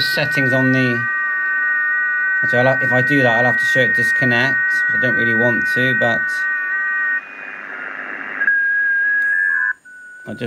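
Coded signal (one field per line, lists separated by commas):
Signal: FT8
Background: speech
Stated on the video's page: FT8 from a Xiegu X6100 transceiver controlled by SDR Control on iOS and iPad.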